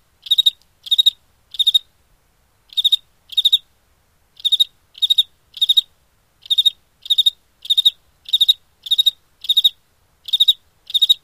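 Cricket giving high pulsed chirps in brief clustered bursts about every half second, with two short pauses early on, otherwise a clean steady series.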